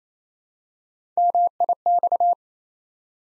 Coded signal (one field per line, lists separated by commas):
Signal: Morse code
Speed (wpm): 27 wpm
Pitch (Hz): 700 Hz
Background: none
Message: MIX